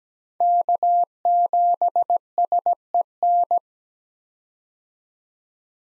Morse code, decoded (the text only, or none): K7SEN